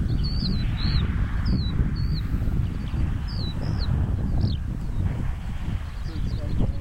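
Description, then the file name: Asian short-toed lark song: short, twisting whistled notes given in quick bursts, over a loud, constant low rumble. "Calandrella cheleensis backgr Bufo raddei"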